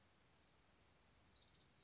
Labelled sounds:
Orange-crowned Warbler (Leiothlypis celata)
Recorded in Sonoma County, California

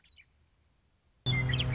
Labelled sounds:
Western Meadowlark (Sturnella neglecta)
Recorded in Sonoma County, California

